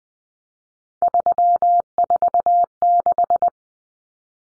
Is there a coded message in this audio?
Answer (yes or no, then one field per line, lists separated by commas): yes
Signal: Morse code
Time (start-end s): 1.0-3.5 s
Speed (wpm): 19 wpm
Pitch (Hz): 700 Hz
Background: none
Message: 346